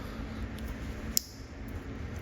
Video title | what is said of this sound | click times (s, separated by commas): Tesla Model S Battery Leak Testing! An Important Service Item For Older S and X | make sure those O-rings go in and make sure you hear both snaps go into place | 1.2 s